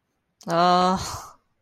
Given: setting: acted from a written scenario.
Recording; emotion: vocal sound without words; disappointment